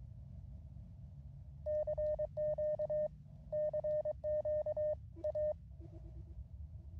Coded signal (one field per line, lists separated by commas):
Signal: Morse code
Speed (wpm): 22 wpm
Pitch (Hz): 610 Hz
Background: none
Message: CQ CQ A